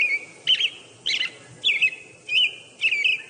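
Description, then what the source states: American robin calls: sharp, high cheep notes repeated several times at fairly regular intervals. Heard in springtime when robins return; calls described as 'cheep, cheep, cheep' and linked to an onomatopoeic name, Chipchawich.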